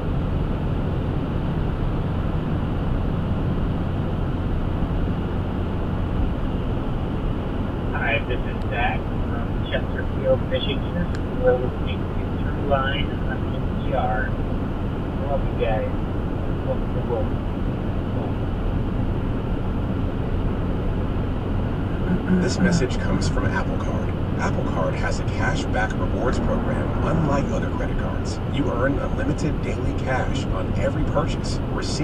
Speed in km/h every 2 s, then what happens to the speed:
119, 118, 119, 118, 118, 118, 119, 119, 121, 122, 122, 122, 124, 122, 121, 121.
0-32 steady at about 119.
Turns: none.